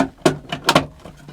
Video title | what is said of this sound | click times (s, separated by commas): INSTALLING A BILGE PUMP • Boat Project Ep.5 (4K) | so that clicks back into here so | 0.3 s, 0.7 s